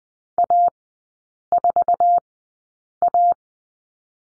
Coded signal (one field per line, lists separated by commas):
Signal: Morse code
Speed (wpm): 20 wpm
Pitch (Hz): 700 Hz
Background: none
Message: A4A